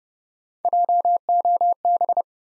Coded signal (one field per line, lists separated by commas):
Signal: Morse code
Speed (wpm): 29 wpm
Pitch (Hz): 700 Hz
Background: none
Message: JOB